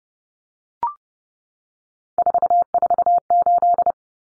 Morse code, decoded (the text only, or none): 448